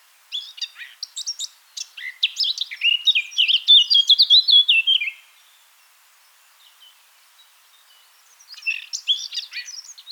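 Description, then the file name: Eurasian blackcap song: a scratchy, hurried warble swelling into loud, clear fluty whistles that end abruptly, a short silence, then another chattering phrase begins. "Sylvia atricapilla"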